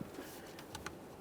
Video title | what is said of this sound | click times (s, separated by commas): How to Replace Ignition Coil Boots 2015-2020 Ford F-150 3.5L V6 | audible click let's move along | 0.9 s